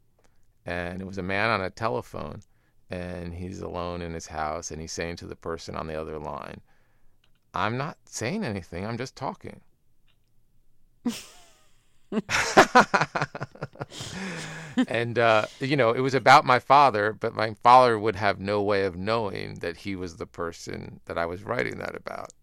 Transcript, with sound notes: And it was a man on a telephone. And he's alone in his house. And he's saying to the person on the other line, I'm not saying anything. I'm just talking.
(LAUGHTER)
And, you know, it was about my father. But my father would have no way of knowing that he was the person that I was writing that about.